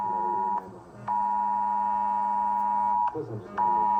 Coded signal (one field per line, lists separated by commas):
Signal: Emergency Alert System (SAME) tones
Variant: 853 and 960 Hz attention tone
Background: speech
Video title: CBeebies 2006 Eas falling firecracker ￼ taken from (December 2006) ￼😟uk